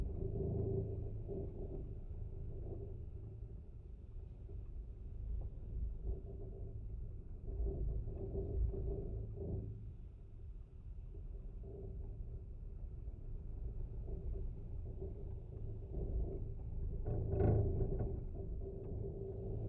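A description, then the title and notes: Wind hums through a fence's twisted metal wire, a deep, rumbling drone with a steady low tone running through it. The sound swells and eases with each gust, every few seconds, and the strongest surge comes at about seventeen seconds. Windfence. It was a cloudy windy day when I visited the beach at the base of the grassland dunes in Warren Dunes State Park. In this second recording both contact microphones were attached to the twisted metal wire which held up the wooden pieces of this fence. I love the low vibrations in this recording.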